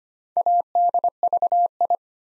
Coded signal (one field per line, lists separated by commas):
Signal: Morse code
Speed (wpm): 25 wpm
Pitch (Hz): 700 Hz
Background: none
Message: ADVI